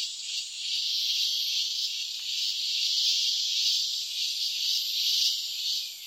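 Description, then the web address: Crickets in a dense, steady high-pitched chorus, an unbroken shimmering hiss with no other sounds standing out. Night chorus of crickets together with cicadas. "concert nocturne des grillons et des cigales"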